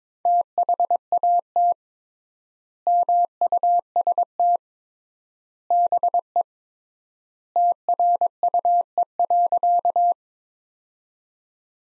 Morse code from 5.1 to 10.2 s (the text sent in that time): BE TRUE.